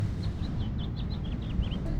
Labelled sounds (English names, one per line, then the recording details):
House Finch song
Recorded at Lynbrook on Long Island, New York, on 17 June 1975
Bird A